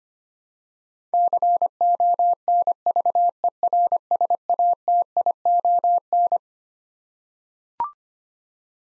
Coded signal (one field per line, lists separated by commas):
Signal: Morse code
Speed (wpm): 25 wpm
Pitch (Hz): 700 Hz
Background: none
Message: CONVERSATION